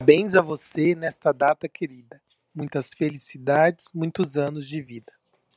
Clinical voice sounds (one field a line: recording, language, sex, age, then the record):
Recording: short text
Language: Brazilian Portuguese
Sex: male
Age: 30 to 39 years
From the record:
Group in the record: control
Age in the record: 31 years